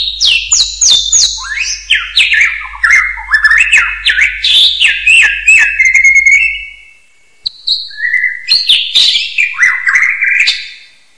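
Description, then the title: Songbird singing rapid chains of falling, slurred whistles that repeat in quick succession, followed by a short pause and another varied burst of notes. "burung online"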